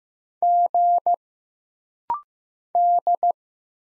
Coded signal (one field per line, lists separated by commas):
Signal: Morse code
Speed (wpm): 15 wpm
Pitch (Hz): 700 Hz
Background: none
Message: G D